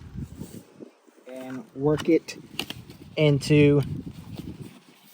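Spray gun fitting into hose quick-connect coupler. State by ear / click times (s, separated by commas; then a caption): not seated / none. A spray gun's fitting is lined up and worked toward the hose's quick-connect coupler while someone talks, with light handling noise underneath. Nothing has snapped or seated yet.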